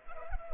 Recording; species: mosquito wingbeat signal from an infrared sensor; Culex pipiens